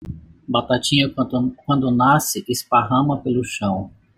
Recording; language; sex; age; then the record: short text; Brazilian Portuguese; male; 40 to 49 years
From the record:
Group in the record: control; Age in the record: 49 years